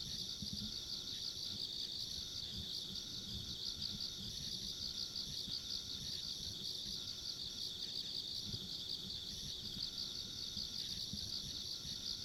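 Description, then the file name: Insect chorus of fast pulsed chirps running without pause, with a thin high buzzing layer and soft low background rumble. Ambient insect sounds recorded along a rural country road. "田舎道の虫の環境音"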